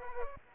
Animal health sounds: mosquito wingbeat signal from an infrared sensor; Aedes aegypti

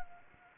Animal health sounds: mosquito wingbeat signal from an infrared sensor; Anopheles arabiensis

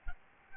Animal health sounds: mosquito wingbeat signal from an infrared sensor; Aedes albopictus

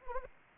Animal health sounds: mosquito wingbeat signal from an infrared sensor; Anopheles arabiensis

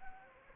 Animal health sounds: mosquito wingbeat signal from an infrared sensor; Anopheles gambiae

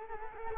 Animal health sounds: mosquito wingbeat signal from an infrared sensor; Culex quinquefasciatus

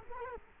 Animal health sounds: mosquito wingbeat signal from an infrared sensor; Culex quinquefasciatus

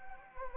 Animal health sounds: mosquito wingbeat signal from an infrared sensor; Anopheles gambiae

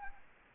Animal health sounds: mosquito wingbeat signal from an infrared sensor; Anopheles arabiensis

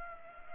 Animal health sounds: mosquito wingbeat signal from an infrared sensor; Culex pipiens

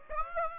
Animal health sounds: mosquito wingbeat signal from an infrared sensor; Aedes aegypti

